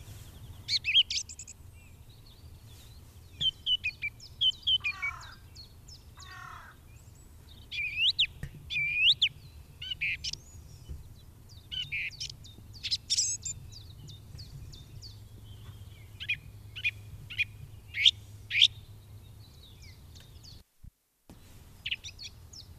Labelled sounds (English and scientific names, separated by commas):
Song Thrush (Turdus philomelos) song